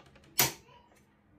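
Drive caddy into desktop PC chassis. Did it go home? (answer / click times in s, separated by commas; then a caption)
yes / 0.4 s. A plastic drive caddy is fitted back into a Lenovo ThinkCentre M70s/M80s/M90s desktop PC chassis: its notches go into their holes, it slides down, and its front is pressed firmly. After a couple of faint soft taps around 0.2 s, a sharp, bright click at 0.4 s rings out and fades by about 0.6 s. The caddy is seated.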